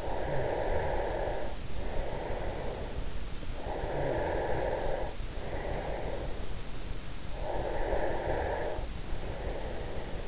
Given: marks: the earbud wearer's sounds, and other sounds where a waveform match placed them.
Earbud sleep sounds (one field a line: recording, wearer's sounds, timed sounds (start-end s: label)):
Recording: sounds in sleep by an in-ear microphone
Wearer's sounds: breath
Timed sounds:
0.00-3.23 s: breath
3.45-6.71 s: breath
6.96-10.28 s: breath